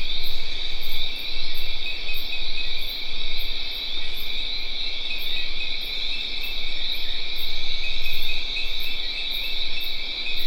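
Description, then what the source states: Crickets keep up a constant high buzzing trill while sharper pulsed chirps tick along regularly above, over a faint low rumble. Recorded at dusk near le Grand Etang, Guadeloupe, in tropical forest; Sony PCM D50 recorder, Rode NT4 microphone, FEL preamp.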